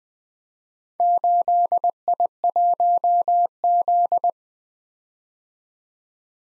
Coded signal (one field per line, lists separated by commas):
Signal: Morse code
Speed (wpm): 20 wpm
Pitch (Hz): 700 Hz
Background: none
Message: 8I1Z